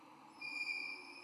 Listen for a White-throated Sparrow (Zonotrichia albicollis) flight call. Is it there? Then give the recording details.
no. No flight call is heard. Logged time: 11:29 on 12 November 2014